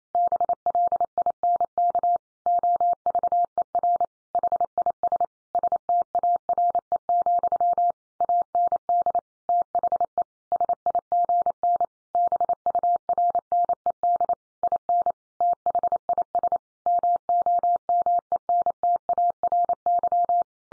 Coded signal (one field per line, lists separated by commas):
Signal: Morse code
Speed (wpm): 28 wpm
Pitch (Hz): 700 Hz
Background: none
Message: BLINK OVER HIS STARE, AND THE SIGN BURNED IN THIS MOMENTARY